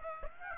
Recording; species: mosquito wingbeat signal from an infrared sensor; Aedes aegypti